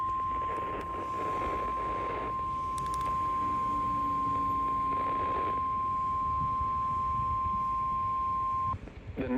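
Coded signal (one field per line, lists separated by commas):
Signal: Emergency Alert System (SAME) tones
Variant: 1050 Hz attention tone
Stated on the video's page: Real severe weather alerts from weather radio.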